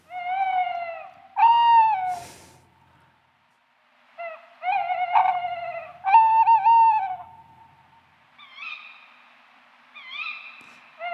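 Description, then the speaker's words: Tawny owl hooting: several drawn-out notes in groups separated by pauses, the last ones softer. Male song, courting females; described as a song of power and love, not mournful. "L'un de vos chants préférés, hein, pour terminer cette émission, Élise Rousseau et Yolaine Delabigne, c'est la chouette Hulotte."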